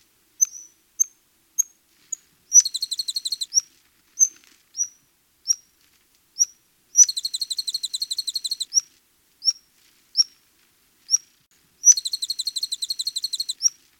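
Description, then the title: Hummingbird calls: single sharp, very high chips at fairly regular intervals, broken by three rapid buzzy rattles of one to two seconds each. "kolibri"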